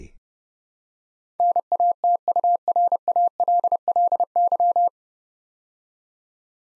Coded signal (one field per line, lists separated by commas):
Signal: Morse code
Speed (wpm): 29 wpm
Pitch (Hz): 700 Hz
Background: none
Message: NATURALLY